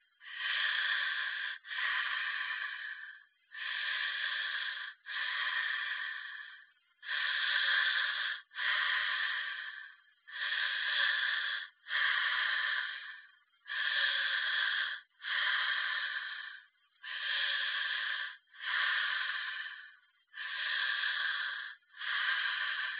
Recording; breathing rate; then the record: paced breathing near a phone; 18 breaths a minute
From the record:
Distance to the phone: 20 cm